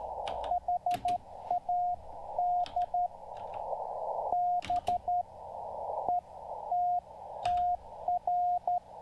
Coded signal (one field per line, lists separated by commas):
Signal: Morse code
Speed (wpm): 12 wpm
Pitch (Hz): 720 Hz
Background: radio noise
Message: HAD BETTR